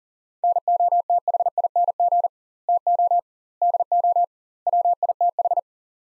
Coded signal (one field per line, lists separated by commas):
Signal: Morse code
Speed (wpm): 40 wpm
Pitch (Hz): 700 Hz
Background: none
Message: NOTHING TO DO WITH